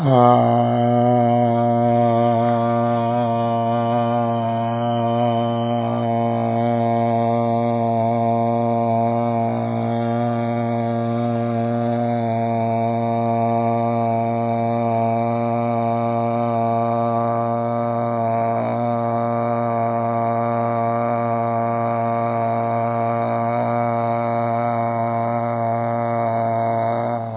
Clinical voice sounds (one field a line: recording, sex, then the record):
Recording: sustained vowel /a/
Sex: male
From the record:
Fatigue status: fatigue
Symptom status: symptomatic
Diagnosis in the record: COVID-19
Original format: 3gp